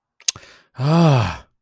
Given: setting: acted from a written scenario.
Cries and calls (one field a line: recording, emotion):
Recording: vocal sound without words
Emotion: disappointment